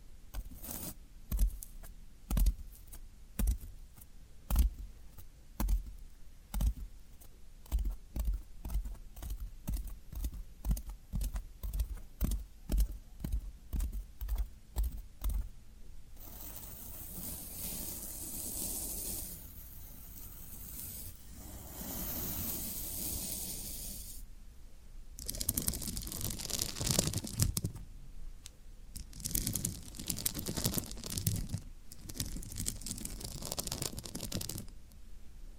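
Floral foam being handled, starting with quick, crisp clicks and small snaps that come in rapid irregular runs for about fifteen seconds. After that the sound turns into continuous rough scraping and crumbling, with louder bright rasping bursts near the end.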